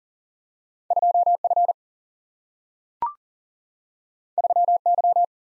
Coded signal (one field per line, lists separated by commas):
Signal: Morse code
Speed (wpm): 40 wpm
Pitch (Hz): 700 Hz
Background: none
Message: 2F 3Y